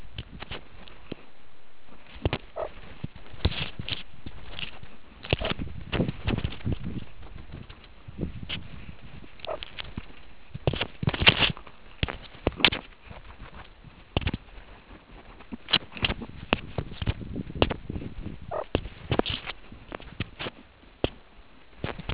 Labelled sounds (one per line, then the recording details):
meerkat close call
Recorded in the Kuruman River Reserve, South Africa
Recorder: an audio tag on a meerkat's collar